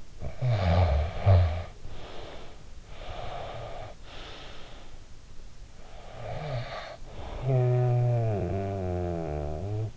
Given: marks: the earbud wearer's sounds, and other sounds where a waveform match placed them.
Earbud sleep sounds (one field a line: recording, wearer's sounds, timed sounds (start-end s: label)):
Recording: sounds in sleep by an in-ear microphone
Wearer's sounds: snoring breath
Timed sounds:
0.18-2.70 s: snoring breath
2.93-4.84 s: snoring breath
5.99-9.97 s: snoring breath